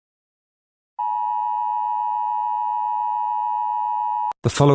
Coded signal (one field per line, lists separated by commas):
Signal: Emergency Alert System (SAME) tones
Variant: 853 and 960 Hz attention tone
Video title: EAS Scenario #19: Wolf Pack Attack.